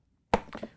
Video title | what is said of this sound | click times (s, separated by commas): GE Dishwasher Inner Door Liner WD31X10004 Replacement | it down so it locks in once | 0.3 s